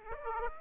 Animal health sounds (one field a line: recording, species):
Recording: mosquito wingbeat signal from an infrared sensor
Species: Aedes aegypti